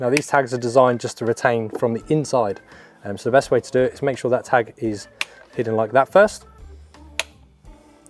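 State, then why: Seated. Someone talks while a plastic side storage pocket with retaining tags is pressed into the centre console side panel of an L663 New Defender, with the tag tucked in first. A sharp click at 7.2 s marks the pocket clipping in, and it then sits flush.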